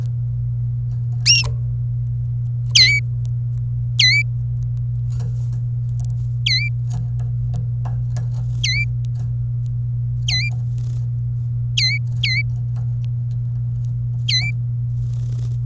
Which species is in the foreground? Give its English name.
Domestic Canary